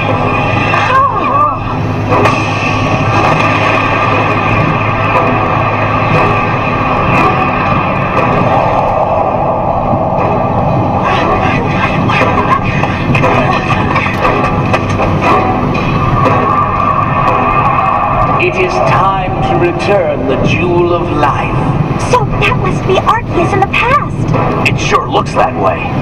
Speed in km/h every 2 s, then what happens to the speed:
102, 103, 105, 106, 107, 108, 109, 110, 110, 111, 110, 110, 107.
0-26 steady at about 108.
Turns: none.